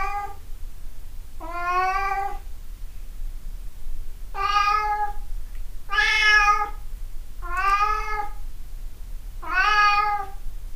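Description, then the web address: Cat giving six meows, the first cut off at the start, over a low background hum. 26 April 2008. "misc sound cat cat 20080426"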